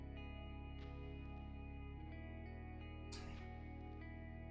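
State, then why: Seated. During the rebuild of a mining rig, a part is pushed home into a rig component while music plays steadily throughout. A single quiet click is heard at 3.1 s, and the part is seated.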